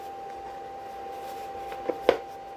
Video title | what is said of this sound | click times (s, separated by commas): Red Thunder Force Ranger Cosplay | and it locks into place. | 2.1 s